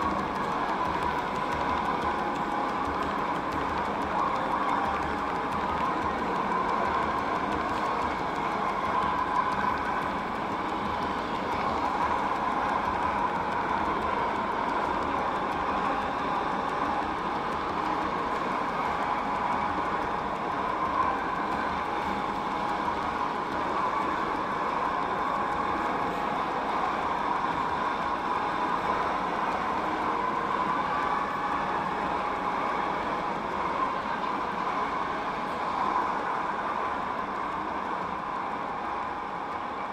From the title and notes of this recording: En Plein Publiek is a series of 4 soundscapes for 'Soundpiece' - a loudspeaker installation underneath the Schouwburplein (square in front of the Municipal Theater) in Rotterdam. The four pieces are based on sound recordings of other squares in the city of Rotterdam, made during the summer of 2011.